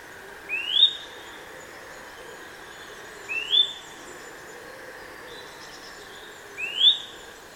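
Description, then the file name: Eurasian nuthatch giving three loud upslurred whistled calls spaced about three seconds apart, over a steady hum and faint high twitters. "Sitta europaea"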